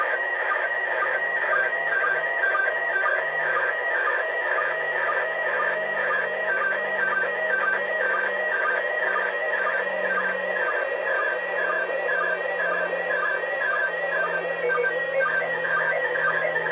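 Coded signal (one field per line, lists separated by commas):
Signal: SSTV (slow-scan television)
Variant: PD120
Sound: warbling, wavering tones with a short low chirp about twice a second, under hiss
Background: radio static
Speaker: there's a two-minute pause between images I'm not sure if we're gonna be able to catch the next image or not but we got one not the prettiest one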